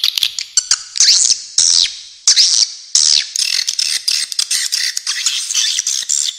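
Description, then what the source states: Swiftlet calls, a few looping high notes in quick succession, then rapid buzzy chirps and clicks. Clean, clear calls.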